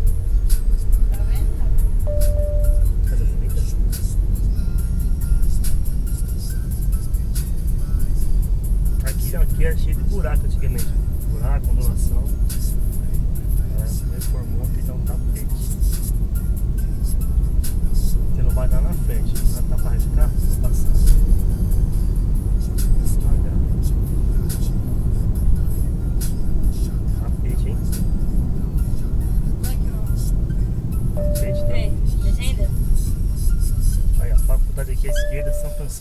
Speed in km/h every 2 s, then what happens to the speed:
31, 40, 45, 47, 49, 51, 52, 53, 54, 57, 61, 66, 68, 68, 66, 62, 42, 18.
0-22 speeds up to 66. 26-36 brakes to 18.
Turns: none.